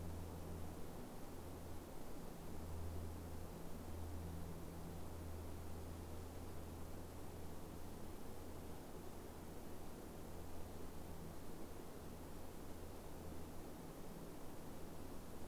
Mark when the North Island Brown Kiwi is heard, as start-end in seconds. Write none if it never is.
none